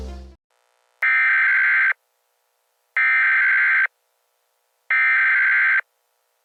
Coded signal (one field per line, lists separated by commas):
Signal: Emergency Alert System (SAME) tones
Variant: header bursts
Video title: EAS Scenario #2: Subzero Wasteland